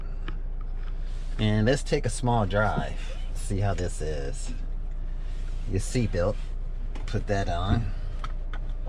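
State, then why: Not seated. Someone talks inside a 2021 Volvo XC90 T6 AWD while a metal seat belt tongue is handled toward the seat buckle, with a few faint short ticks in the background. The tongue has not clicked into the buckle yet; nothing has seated.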